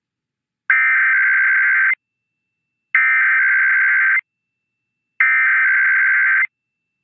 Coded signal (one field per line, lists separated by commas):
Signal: Emergency Alert System (SAME) tones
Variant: header bursts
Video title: Another Round of IPAWS Tests (EAS #619-628) 8/19/24